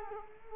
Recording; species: mosquito wingbeat signal from an infrared sensor; Culex quinquefasciatus